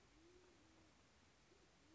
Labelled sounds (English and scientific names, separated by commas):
Band-tailed Pigeon (Patagioenas fasciata)